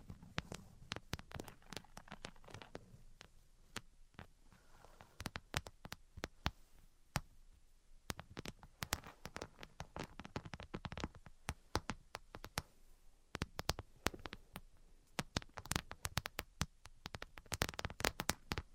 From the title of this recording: Tapping, Scratching, and Tracing Sounds